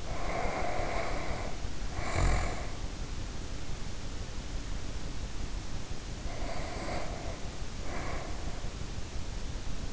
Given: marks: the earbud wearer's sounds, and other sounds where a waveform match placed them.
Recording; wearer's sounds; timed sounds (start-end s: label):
sounds in sleep by an in-ear microphone; snoring breath, breath
0.00-2.88 s: snoring breath
6.13-8.73 s: breath